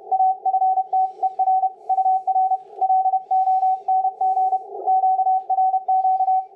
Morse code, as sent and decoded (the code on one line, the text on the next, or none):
.- ..-. - . .-. / ..- .-. / .-.. --- -. --. / --.- .-. --.-
AFTER UR LONG QRQ